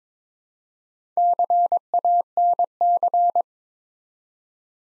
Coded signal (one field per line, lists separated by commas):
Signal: Morse code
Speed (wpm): 22 wpm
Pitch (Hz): 700 Hz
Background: none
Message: CANC